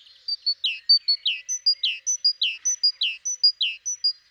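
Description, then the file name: Great tit giving an even, continuous series of ringing two-note phrases, a high whistle sliding into a lower slurred note, repeated steadily. "Parus major"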